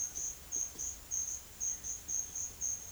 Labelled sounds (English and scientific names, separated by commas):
none